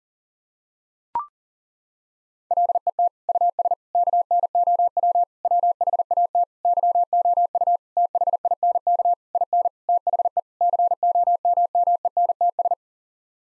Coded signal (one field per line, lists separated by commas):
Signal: Morse code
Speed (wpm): 40 wpm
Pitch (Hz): 700 Hz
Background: none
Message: LET US KNOW WHAT YOU THINK IN THE COMMENTS